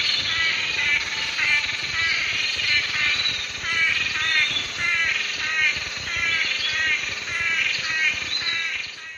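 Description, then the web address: Blue-backed manakin lek song as a dense, almost unbroken run of buzzy, warbling phrases, with a constant hiss beneath. Lek display songs; eastern lowlands of South America. "Nature Songs S America Eastern Lowlands. Chiroxiphia pareola, lek display songs"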